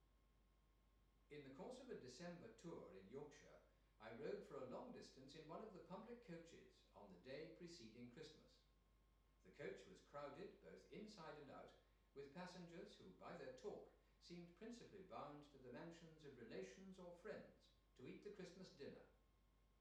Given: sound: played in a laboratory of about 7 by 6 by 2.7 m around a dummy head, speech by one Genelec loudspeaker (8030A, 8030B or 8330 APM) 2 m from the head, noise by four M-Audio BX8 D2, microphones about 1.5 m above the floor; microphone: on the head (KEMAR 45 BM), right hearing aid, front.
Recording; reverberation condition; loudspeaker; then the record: male speech in English; medium; 30 degrees to the left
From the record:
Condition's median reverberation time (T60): about 510 ms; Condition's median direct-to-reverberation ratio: about -0.5 dB